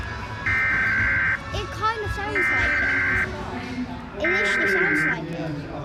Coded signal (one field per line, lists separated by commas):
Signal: Emergency Alert System (SAME) tones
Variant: header bursts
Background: speech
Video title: Rating EAS alarms (sorry if there’s stuff in the background)